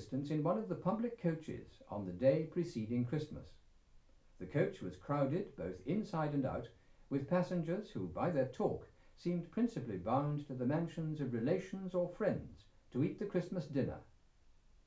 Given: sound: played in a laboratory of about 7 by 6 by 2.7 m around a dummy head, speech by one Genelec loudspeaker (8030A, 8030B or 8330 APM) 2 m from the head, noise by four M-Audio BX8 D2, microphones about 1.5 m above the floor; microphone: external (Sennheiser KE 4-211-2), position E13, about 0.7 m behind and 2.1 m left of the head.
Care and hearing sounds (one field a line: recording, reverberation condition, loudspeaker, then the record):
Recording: male speech in English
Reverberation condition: low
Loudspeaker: 150 degrees to the left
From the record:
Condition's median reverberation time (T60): about 310 ms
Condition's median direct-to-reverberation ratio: about 3.5 dB